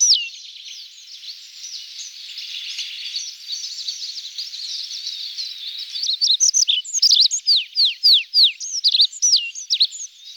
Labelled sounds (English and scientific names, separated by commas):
Olive-backed Pipit (Anthus hodgsoni) song